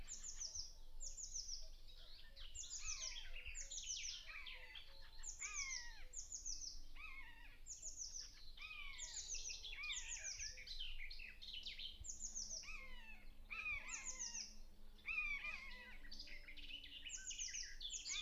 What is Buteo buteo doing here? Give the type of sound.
call